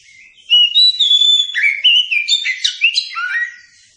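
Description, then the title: Oriental magpie-robin song: a rich run of clear whistles and sharper chirps, phrases stepping up and down in pitch with quick varied notes over about three seconds. Captive-bird training song recording (masteran) for kacer. "Masteran Ampuh Burung Kacer"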